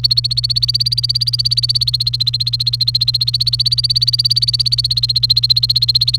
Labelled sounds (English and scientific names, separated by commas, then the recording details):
Domestic Canary (Serinus canaria) song
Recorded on 28 April 2018 at 16:33
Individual llb3